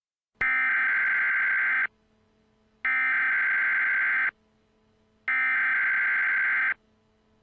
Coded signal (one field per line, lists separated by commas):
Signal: Emergency Alert System (SAME) tones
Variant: header bursts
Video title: EAS: Civil Danger Warning for Adams County, NE